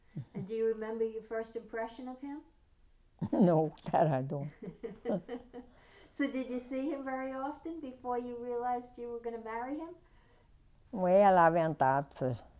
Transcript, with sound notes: And do you remember your first impression of him?
No, that I don't. (she laughs)
So, did you see him very often before you realized you were going to marry him?
Well, I went out to,